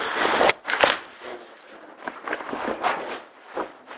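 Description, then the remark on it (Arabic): Exam papers for a test on Surat al-Ahzab rustle and shuffle in quick bursts, with crisp flicks and soft sliding sounds as the sheets are handled and sorted, no voices present. “هذا 1 مايو 1/5 اوراق الامتحان، امتحان سورة الاحزاب، نتيجة سورة الاحزاب.”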